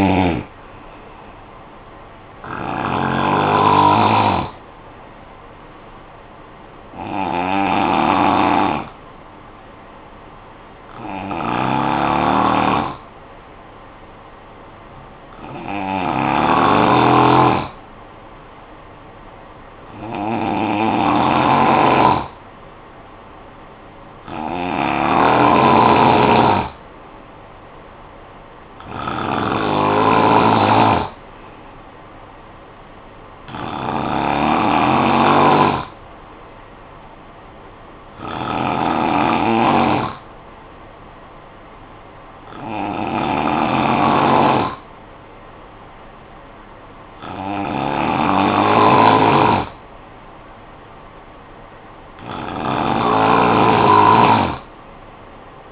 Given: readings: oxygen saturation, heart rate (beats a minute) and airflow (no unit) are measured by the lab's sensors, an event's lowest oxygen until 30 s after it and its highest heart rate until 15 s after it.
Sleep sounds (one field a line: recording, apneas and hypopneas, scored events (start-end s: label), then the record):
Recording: breathing in sleep by a voice recorder at the bedside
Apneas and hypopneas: none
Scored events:
none scored
From the record:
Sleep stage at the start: N2 (light sleep)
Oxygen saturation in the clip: 87 to 92%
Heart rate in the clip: 52 to 58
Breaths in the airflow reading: 13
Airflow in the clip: -10.0 to 6.2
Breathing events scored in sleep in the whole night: 445 in 7.6 hours asleep